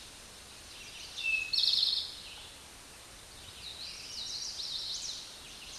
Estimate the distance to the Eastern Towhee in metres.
about 20 m